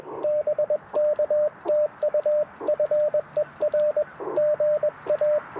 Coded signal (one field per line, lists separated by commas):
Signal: Morse code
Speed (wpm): 21 wpm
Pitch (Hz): 600 Hz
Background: radio noise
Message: BK TU FER GA